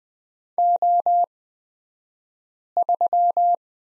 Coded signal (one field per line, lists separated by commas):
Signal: Morse code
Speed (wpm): 20 wpm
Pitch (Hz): 700 Hz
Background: none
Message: O3